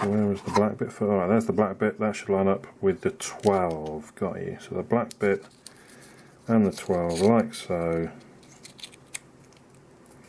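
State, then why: Not seated. Someone talks while lining up the black mark on the small metal-and-plastic battery cover with the 12 position on the back of a Misfit Shine activity tracker, then turns and presses it with a few soft handling ticks. Nothing has seated or clicked into place yet.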